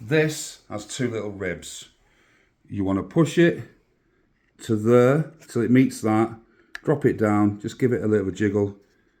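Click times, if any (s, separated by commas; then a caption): none. A plastic model spacecraft is slid along two small ribs on its display stand mount until it meets a stop, then dropped down and jiggled into place while someone talks. Only speech is heard, with no distinct click. Nothing has seated or clicked yet.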